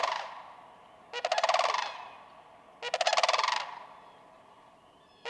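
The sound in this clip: Sandhill crane with rolling, trumpeting rattles roughly every two seconds, each call breaking into rapid pulses and fading off.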